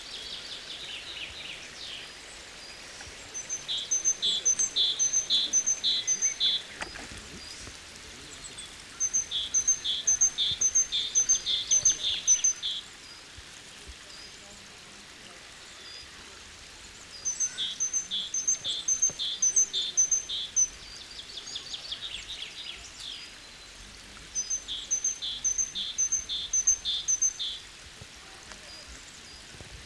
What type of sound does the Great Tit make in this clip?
song